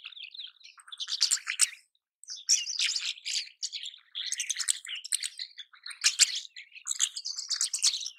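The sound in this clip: Rosy starling chatter in bursts of scratchy, buzzy notes mixed with squeaks, broken by a short silent gap early on, then continuing steadily.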